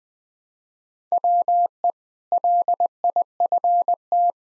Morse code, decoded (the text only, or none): WE LIFT